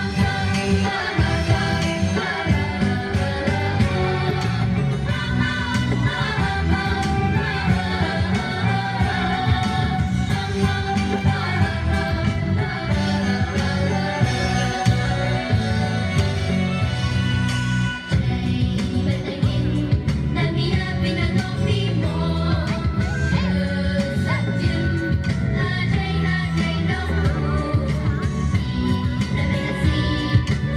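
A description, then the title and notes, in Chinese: Buddha-chanting fitness exercise at Xiamen's Wuyi Square: a dense, steady sung melody over a deep, pulsing beat, continuous throughout with one brief dip near eighteen seconds. 片段四：20190721，厦门五一广场，拍手念佛健身操。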